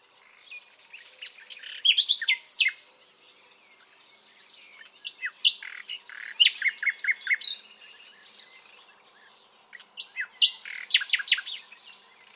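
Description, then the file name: Common nightingale song in three bursts of varied, loud phrases with rapid repeated clicks and trills, separated by quieter pauses. "Luscinia megarhynchos"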